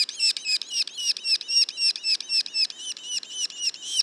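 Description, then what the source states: Yellow-bellied sapsucker juveniles giving loud, scratchy notes that slide down, repeated quickly, roughly four per second, in a clear even rhythm. Juveniles; Mont-Orford National Park, Quebec, Canada.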